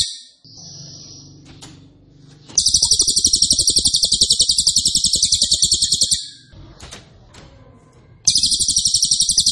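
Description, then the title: Cililin song: a soft thin note, then a long, dense, loud trill of rapid pulses, a pause with faint clicks, and another trill beginning. Loud, dense rapid-fire song style ('nembak keras dan rapat') used as a favourite masteran training recording for oriental magpie-robin, leafbird and white-rumped shama. "Cililin NEMBAK KERAS dan RAPAT masteran murai batu cucak ijo dan kacer"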